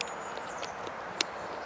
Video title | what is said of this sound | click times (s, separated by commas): JUILLET 2013 sur La voix de la grotte | ça pas l'air de clipser beaucoup tiens | 0.0 s, 1.2 s